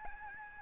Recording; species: mosquito wingbeat signal from an infrared sensor; Aedes albopictus